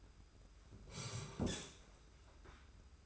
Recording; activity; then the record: daily activity, microphone in the room; sit down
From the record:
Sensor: 2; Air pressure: 991.5 hPa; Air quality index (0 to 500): 172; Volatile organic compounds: 1000 ppm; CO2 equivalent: 5574 ppm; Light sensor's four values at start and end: 26/83/32/31 and 26/84/33/31